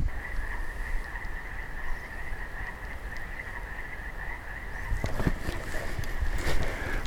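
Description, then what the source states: Western toads calling, a continuous high, steady trill, with footsteps and handling noise toward the end. Male Bufo boreas (mountain toads) calling on a mountain trek in the South Wallowa wilderness, in intermittent snow; white stripe down the back, they disappear 8 or 9 months of the year.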